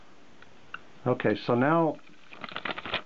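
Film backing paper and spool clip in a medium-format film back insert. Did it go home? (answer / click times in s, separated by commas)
yes / 0.7 s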